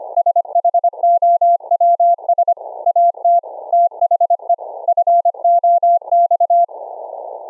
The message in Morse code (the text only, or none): SHOWS AT THE FOX